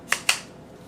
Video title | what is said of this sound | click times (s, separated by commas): Sigma 35mm ART Unboxing and Thoughts on Why I Chose This Lens | the one thing I noticed is is when you put the hood on it has a nice click you've probably seen some other videos too | 0.1 s, 0.3 s